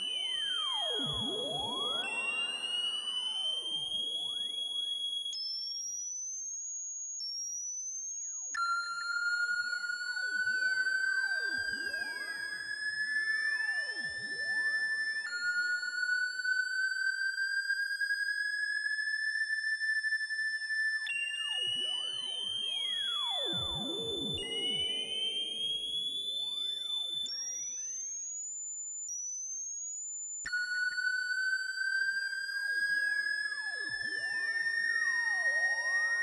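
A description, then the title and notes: An eight-voice synthesizer runs its calibration through an effects unit: clear, pure tones step between pitches and slowly glide upward, with swooping, bending sweeps washing beneath them. The steady, fairly loud sequence repeats about every twenty seconds, with brief silent gaps between steps. It's the sound of my 8 voice Moog Poly Phatty calibrating through a Dreadbox Hypnosis. Recorded in Audacity.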